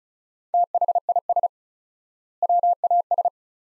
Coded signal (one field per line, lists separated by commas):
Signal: Morse code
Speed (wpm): 36 wpm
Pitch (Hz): 700 Hz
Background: none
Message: THIS WAS